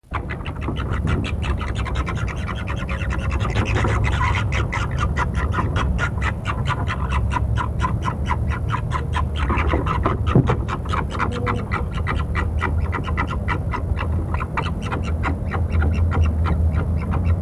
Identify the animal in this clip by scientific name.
Vulpes corsac